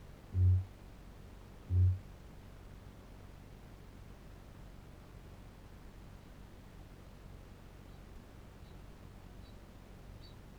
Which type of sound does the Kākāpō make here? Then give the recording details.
boom, ching call. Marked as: faintness 2/5, faintness 5/5. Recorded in New Zealand. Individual Barnard